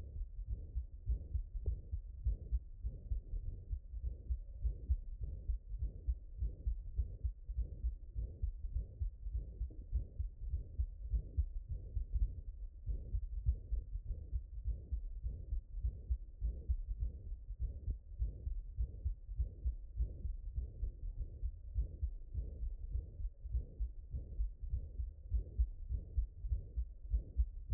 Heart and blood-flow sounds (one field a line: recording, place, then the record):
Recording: heart sounds by stethoscope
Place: mitral valve (MV)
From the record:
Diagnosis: HFrEF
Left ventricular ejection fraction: 28%